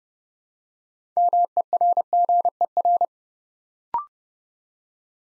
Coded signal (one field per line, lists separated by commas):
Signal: Morse code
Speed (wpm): 30 wpm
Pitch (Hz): 700 Hz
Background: none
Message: MERGER